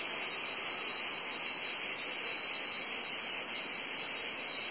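Cicadas in an unbroken high, rasping drone that stays loud and even from start to finish.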